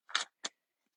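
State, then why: Not seated. Metal cutting dies, lined up on cardstock and flipped over, are pushed into the cardstock so they will lock into place. A broad rustling scrape runs from about 0.1 to 0.3 s, then a short sharp tap comes at 0.5 s. The dies are only being handled, and nothing has seated or locked in yet.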